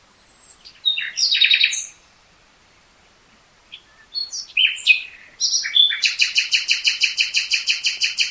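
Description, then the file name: Common nightingale song: varied whistles and chirps, a pause, more varied notes, then a fast run of evenly repeated rattling notes. "Luscinia megarhynchos"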